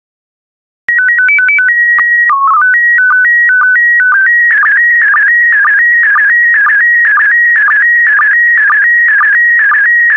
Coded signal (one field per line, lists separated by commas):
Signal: SSTV (slow-scan television)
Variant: PD 120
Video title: 160048 Endangered Species SSTV PD120